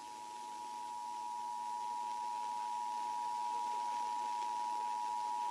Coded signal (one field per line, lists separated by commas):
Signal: Emergency Alert System (SAME) tones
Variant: 853 and 960 Hz attention tone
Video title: Iowa Required Monthly Tests (EAS #64-65)